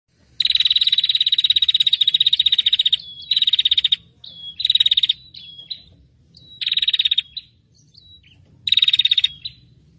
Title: Suara Prenjak Ribut Pikat Burung Prenjak Kepala Merah Prenjak Tamu